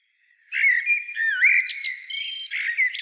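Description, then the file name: Common blackbird song: one rich phrase of fluty, slurred whistles running into squeaky, chattering high notes, starting after half a second of quiet. "Turdus merula"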